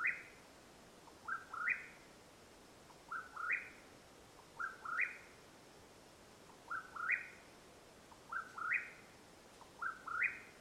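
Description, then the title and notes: Mexican whip-poor-will calling seven times, each phrase a low whistle jumping to a higher rolling note, regular and steady in quiet surroundings. Mexican Whip-poor-will call at nightfall, Madera Canyon, Arizona, USA, 21 April 2022. "The call of the Mexican Whip-poor-will at nightfall in Madera Canyon, AZ. Recorded April, 21 2022."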